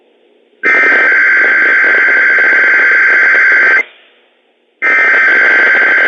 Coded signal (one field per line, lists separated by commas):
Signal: Emergency Alert System (SAME) tones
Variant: header bursts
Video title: Inland Northwest Required Weekly Test on WWF56 4/20/21 (EAS #567)